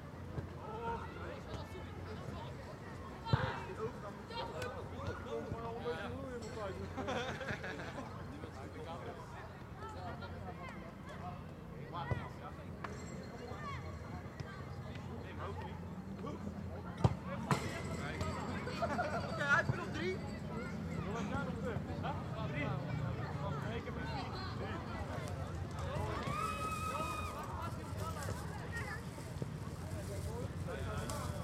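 People playing soccer on public sports fields, with voices calling and chatting throughout over a steady low rumble. Sharp thuds and knocks, likely ball kicks, stand out around 3, 12, 17 and 20 seconds. Brief higher whistles or shouts appear near the end.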